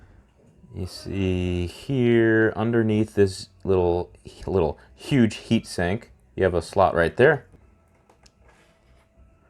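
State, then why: Not seated. Someone talks about a microSD card slot under the heat sink of a single-board computer while handling the card and lining it up at the slot, electrodes facing up toward the heat sink. Soft handling ticks are heard near 8.1 and 8.3 seconds, but the card has not been slid in and nothing has seated or clicked yet.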